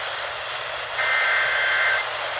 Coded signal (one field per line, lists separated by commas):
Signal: Emergency Alert System (SAME) tones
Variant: header bursts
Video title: EAS Alerts From 5/2/25: A Compilation (EAS 585-599)